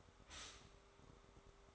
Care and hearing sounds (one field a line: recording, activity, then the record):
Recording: daily activity, microphone in the room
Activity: stop toaster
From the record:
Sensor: 3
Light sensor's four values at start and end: 4/11/4/4 and 4/11/4/4